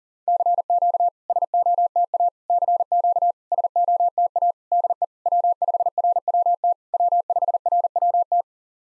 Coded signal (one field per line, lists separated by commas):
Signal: Morse code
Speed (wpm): 40 wpm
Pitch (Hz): 700 Hz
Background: none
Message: CQ SOTA CQ SOTA DE W5RWT W5RWT